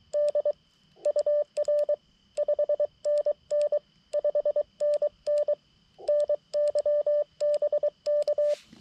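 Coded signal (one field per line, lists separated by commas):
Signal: Morse code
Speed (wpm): 22 wpm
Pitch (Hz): 590 Hz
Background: none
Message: D UR 5NN 5NN NYBK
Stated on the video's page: CW POTA park activation, with contacts on 60m and 80m.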